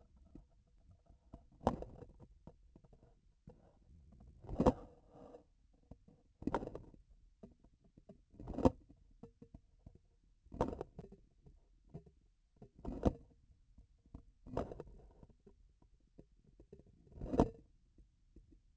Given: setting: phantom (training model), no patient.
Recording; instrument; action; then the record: laparoscopic instrument, vibration sensor on the handle end; grasping forceps; opening and closing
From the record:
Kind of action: tool actuation without material contact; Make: Olympus